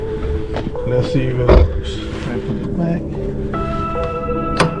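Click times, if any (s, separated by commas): 4.6 s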